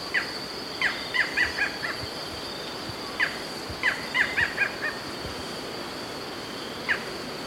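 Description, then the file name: Barred Forest Falcon calling: single yelping notes and two runs of several short barking notes, with a continuous high buzz behind. "Micrastur ruficollis - Barred Forest Falcon"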